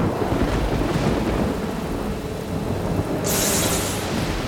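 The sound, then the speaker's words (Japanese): A steady roar of heavy rain with deep rumbling thunder rolling underneath, during a storm at sea aboard a ship, and a burst of harsher, hissing downpour surging in toward the end. No one speaks. “ひどい雨、 今日はだいぶ荒れそうなのよ。”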